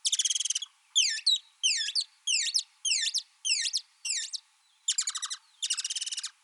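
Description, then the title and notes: Broad-eared free-tailed bat calls in quick bursts of steeply falling chirps, roughly one burst every two-thirds of a second, with the first and last two bursts denser and buzzier; no other sounds. "Canto del murciélago orejón ( Nyctinomops laticaudatus )"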